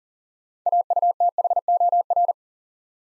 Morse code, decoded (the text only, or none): AUTHOR